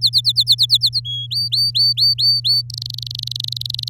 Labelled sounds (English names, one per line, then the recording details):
Domestic Canary song
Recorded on 7 May 2018 at 14:50
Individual llb16